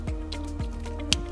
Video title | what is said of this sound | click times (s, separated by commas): HOW TO INSTALL REMOTE START ON 2012-2015 HONDA CIVIC– STEP-BY-STEP GUIDE! | snap that into place | 1.1 s